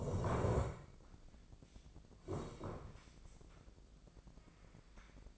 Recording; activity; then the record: daily activity, microphone in the room; sit down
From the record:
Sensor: 5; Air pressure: 1012.4 hPa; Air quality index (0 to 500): 150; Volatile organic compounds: 2 ppm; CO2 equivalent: 1029 ppm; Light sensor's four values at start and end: 271/651/277/306 and 271/650/277/305